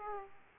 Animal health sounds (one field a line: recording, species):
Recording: mosquito wingbeat signal from an infrared sensor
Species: Aedes aegypti